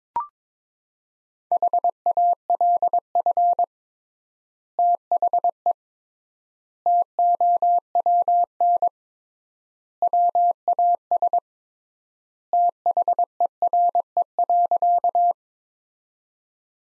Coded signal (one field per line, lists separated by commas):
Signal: Morse code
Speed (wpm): 22 wpm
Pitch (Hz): 700 Hz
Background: none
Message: HALF THE TOWN WAS THERE.